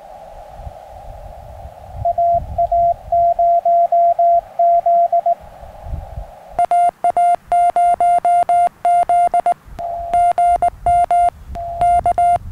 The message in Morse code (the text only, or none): AA0Z AA0Z GM K